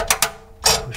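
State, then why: Seated. From under a sink, a metal snap ring for a garbage disposal mount is pressed up into the groove on the sink flange. Two sharp metallic snaps ring out at 0.1 s and 0.2 s, followed by a longer, softer metallic sound around 0.7 s. The snap ring is seated in the flange groove.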